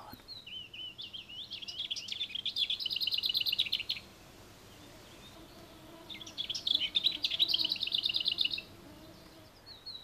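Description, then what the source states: Lesser whitethroat singing twice: each phrase opens with quiet, scratchy babbling and ends in a dry, fast rattle, with a pause of a couple of seconds between them. Song starts with quiet babbling that can be hard to hear and ends in a rattle like peas shaken in a tin can; the song is easy to learn.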